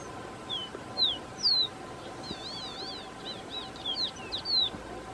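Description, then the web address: Copper seedeater: clear high downslurred whistles, then an undulating zigzag warble and a few more falling notes, faint hum beneath. "Copper seedeater. صدای-پرنده-دانه-خوار-مسی"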